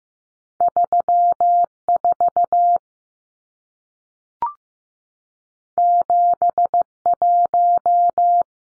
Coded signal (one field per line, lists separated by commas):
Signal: Morse code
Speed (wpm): 15 wpm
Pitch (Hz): 700 Hz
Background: none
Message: 34 71